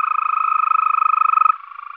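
Green toad trill: a steady, rapid pulsed purr on an even pitch, holding level for about one and a half seconds before softening.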